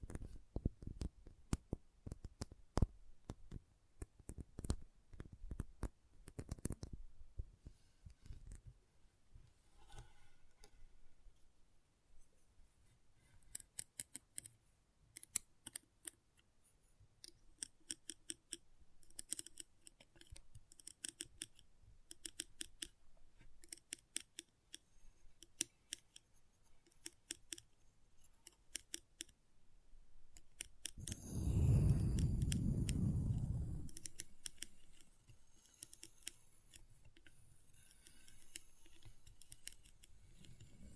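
Intense magnetic tingles made of crisp, snipping clicks, like scissors closing. The clicks come thick and fast for the first seven seconds, then scatter irregularly through the rest. Around the 31-second mark a louder, low rumbling rush swells for a few seconds before the clicking resumes.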